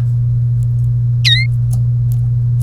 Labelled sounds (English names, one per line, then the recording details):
Domestic Canary song
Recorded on 30 April 2018 at 16:16
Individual llb3